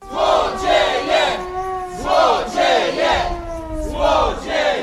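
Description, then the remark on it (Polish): Dozens of laid-off Alma delicatessen chain workers picketing in central Kraków outside the Chamber of Industry and Commerce, demanding unpaid wages and compensation, chant in unison, loud rhythmic shouted phrases repeating in bursts about once a second, with a steady pitched tone like a whistle or horn sounding through the chant. “Kilkudziesięciu zwolnionych pracowników sieci delikatesów Alma, należącej do jednego z najbogatszych Polaków Jerzego Amazgaja, protestowało w centrum Krakowa.”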